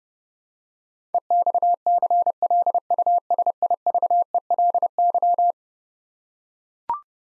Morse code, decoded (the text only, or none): EXCLUSIVELY